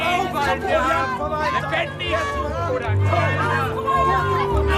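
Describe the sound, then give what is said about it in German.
Dense tumult of an angry mob in a 17th-century Milan bread riot, shouting for the death of the provisions administrator: many overlapping voices shouting and clamoring at once, loud and continuous with no pauses, an agitated roar of babble throughout. “Renzo befindet sich mitten im größten Getümmel.”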